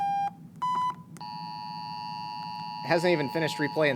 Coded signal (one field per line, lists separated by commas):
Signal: Emergency Alert System (SAME) tones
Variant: 853 and 960 Hz attention tone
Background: speech